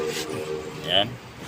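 On a Geely Coolray 1.5L, a mechanic handles the new sensor wiring harness connector at the sensor socket while replacing the harness sensor, with its locking tab not yet pushed closed. Someone talks briefly over a low background hum. Nothing has seated or clicked yet.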